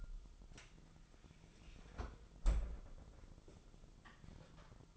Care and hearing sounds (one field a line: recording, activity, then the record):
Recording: daily activity, microphone in the room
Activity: close fridge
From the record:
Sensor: 5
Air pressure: 988.5 hPa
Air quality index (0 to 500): 218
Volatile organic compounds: 120 ppm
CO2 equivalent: 3874 ppm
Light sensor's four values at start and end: 42/128/50/54 and 42/129/50/53